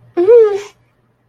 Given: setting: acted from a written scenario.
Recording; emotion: vocal sound without words; distress